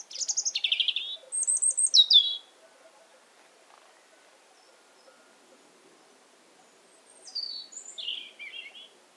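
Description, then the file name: European robin song: a few high, thin warbled phrases with rapid trills at the start, a long silent pause, then another shorter sweet phrase near the end. "Erithacus rubecula"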